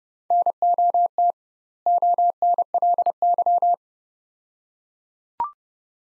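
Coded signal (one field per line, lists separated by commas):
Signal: Morse code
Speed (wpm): 32 wpm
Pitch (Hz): 700 Hz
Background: none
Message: NOT ONLY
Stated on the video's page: Practice drill of two-word sets at 30 wpm with doubled word spacing, a Farnsworth-like method applied to words.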